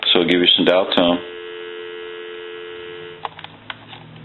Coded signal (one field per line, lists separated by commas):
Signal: telephone call progress tone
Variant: North America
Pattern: dial tone